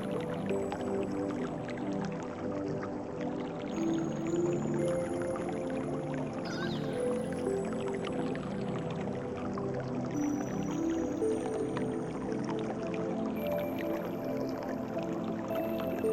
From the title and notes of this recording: Peaceful Relaxing Music and Calming Nature Water Sounds.